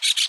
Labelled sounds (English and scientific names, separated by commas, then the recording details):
Brown-throated Parakeet (Eupsittula pertinax) contact call
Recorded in Aruba
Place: hill w/tanki N of Savaneta
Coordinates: 12.461, -69.944